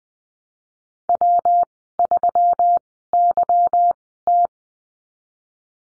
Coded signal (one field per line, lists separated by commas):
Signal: Morse code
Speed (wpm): 20 wpm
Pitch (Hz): 700 Hz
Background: none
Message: W3YT